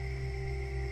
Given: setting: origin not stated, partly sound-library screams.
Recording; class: one-second piece from a danger detection set; normal situation